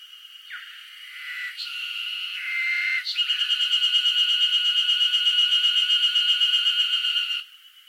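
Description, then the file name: Cicada song: a wavering, shifting tonal buzz builds up, then a loud, steady, pulsing drone runs from about three to seven seconds before cutting off abruptly. Northern Japan, summer. "INSECT CICADA NORTHERN JAPAN SUMMER"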